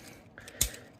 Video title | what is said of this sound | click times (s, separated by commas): Talk a-Bot Reviews 029: Transformers Legacy United Deluxe class DETRITUS!!! | and it locks into place the foot is set they have leg all done | 0.6 s